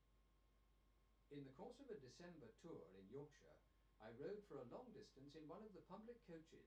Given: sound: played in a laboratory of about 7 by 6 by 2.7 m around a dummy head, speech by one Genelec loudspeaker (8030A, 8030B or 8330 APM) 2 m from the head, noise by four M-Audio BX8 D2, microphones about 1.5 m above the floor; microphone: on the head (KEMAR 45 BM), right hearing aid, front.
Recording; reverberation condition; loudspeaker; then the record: male speech in English; low; 60 degrees to the left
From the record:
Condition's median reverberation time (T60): about 310 ms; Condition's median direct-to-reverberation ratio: about 3.5 dB